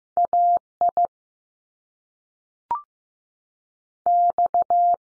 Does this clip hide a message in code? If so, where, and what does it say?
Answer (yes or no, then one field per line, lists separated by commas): yes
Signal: Morse code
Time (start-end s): 0.2-4.9 s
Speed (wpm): 15 wpm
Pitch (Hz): 700 Hz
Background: none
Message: A I X